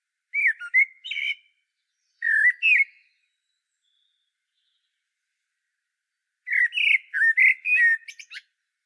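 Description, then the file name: Common blackbird with three fluty whistled phrases, the last phrase longer and more varied. "Turdus merula"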